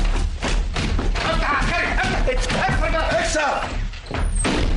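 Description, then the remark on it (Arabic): Heavy thuds and slams of a door being banged on and forced open by police, with shouting voices over the loud, continuous pounding. “افتح أو نكسر الباب!”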